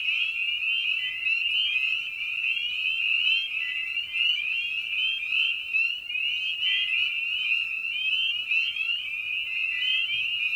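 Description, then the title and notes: Many spring peepers calling together, high rising peeps blurring into one constant shrill ring, with occasional lower upward slides. Evening at a frog pond; presented in a modified format intended as a sleep aid. "Episode 5: Night of the Peepers. we return to the frog pond for a meditative evening. Species in Focus: Spring Peeper (Pseudacris crucifer). Written, recorded, and produced by Ian Carlsen"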